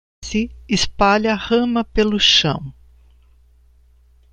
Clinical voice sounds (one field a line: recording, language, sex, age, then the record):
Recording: short text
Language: Brazilian Portuguese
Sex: female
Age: 60 to 69 years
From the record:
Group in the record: control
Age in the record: 60 years